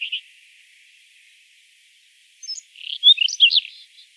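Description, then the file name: Reed bunting calls: a couple of brief high notes, a pause, then a quick jumble of sharp chirps near the end, over a faint steady hiss. "Migliarino Di Palude"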